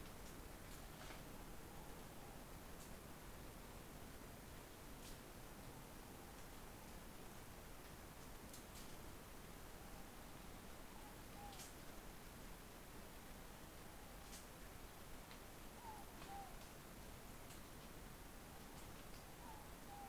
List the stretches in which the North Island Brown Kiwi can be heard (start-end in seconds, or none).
none